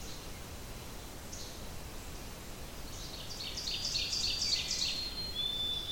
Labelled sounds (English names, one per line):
Ovenbird song